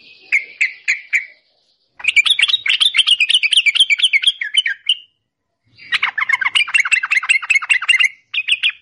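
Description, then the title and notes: Yellow-vented bulbul delivering a few sharp notes, then long bursts of quick, rattling chatter broken by brief silences. Long rapid chatter (ropel panjang) recording used as master audio for training songbirds. "Masteran Trucukan Ropel Panjang. Kicau Burung Trucukan"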